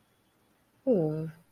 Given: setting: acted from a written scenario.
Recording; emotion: vocal sound without words; serenity